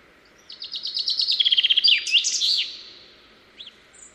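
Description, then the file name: Common chaffinch song: a bright trill of repeated notes that drops in pitch, ending in a flourish, followed by a single short note. "Fringilla coelebs"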